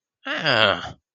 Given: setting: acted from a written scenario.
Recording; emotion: vocal sound without words; pain